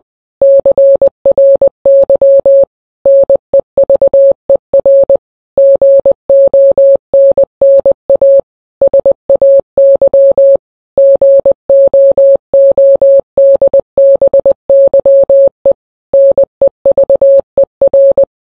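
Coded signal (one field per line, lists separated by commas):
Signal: Morse code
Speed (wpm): 20 wpm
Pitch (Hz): 550 Hz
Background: none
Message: CRY NEVER GONNA SAY GOODBYE NEVER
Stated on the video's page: Morse rendition of a song, shortened from a 15-minute original.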